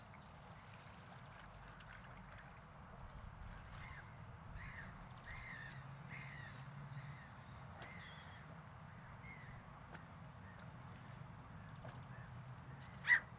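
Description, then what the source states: Gull giving a series of short, nasal calls over a low steady rumble. At a waterfront on a Saturday.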